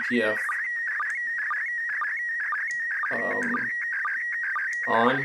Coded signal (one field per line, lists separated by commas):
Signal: SSTV (slow-scan television)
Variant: PD 120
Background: speech